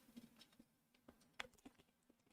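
A motherboard screw is being driven into a threaded standoff in a COUGAR MX410 Mesh budget mid-tower PC case, with faint scratchy ticks and small taps throughout. A soft tick lands at 1.1 s, then a sharp, bright click at 1.4 s as the standoff thread gives way. The screw has stripped out of the standoff.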